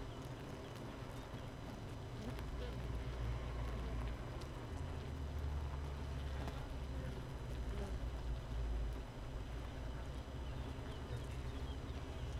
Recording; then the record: honeybee colony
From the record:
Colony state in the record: missing queen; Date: 31 May 2018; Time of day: 5:28